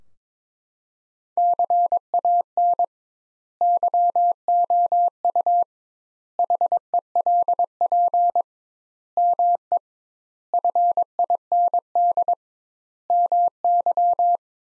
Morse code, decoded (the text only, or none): CAN YOU HELP ME FIND MY